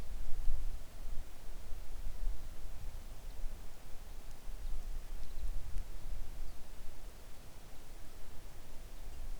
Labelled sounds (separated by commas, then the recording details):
songbird
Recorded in the Arctic National Wildlife Refuge, Alaska, on 3 August 2019 at 10:31
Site 41